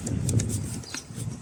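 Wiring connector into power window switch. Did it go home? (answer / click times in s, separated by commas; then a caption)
no / none. An electrical wiring connector is handled as it is brought back to the new driver's power-window switch in an Audi A3 Sportback door panel. Faint plastic-like ticks and rustles sit over a low background rumble. Nothing has seated or clicked yet.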